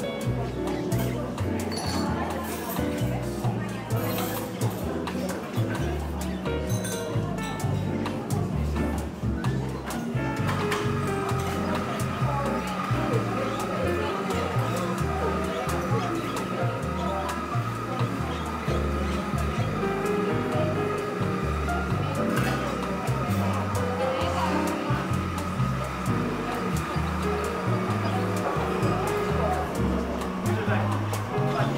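Coffee shop ambience with a continuous blur of overlapping voices and chatter, dense and steady throughout. A faint sustained tone enters around ten seconds and holds, with occasional light clinks and knocks scattered over a low rumbling bed.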